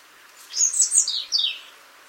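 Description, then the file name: European robin song phrase, a fast run of high thin warbled notes, bright and tinkling, sliding downward over about a second. "Erithacus rubecula"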